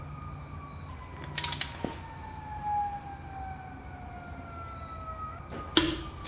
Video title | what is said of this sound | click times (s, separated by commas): Buy This Torque Wrench Set (1/2" , 3/8" , 1/4") - SUZUME 3 PCS TORQUE WRENCH | Once you hear that click, that means it's reach 94t-lb and you stop. | 5.8 s